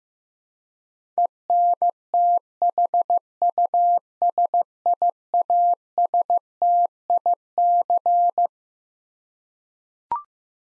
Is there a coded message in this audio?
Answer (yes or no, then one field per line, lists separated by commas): yes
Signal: Morse code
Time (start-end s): 1.2-8.5 s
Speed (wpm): 15 wpm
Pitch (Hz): 700 Hz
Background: none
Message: ENTHUSIASTIC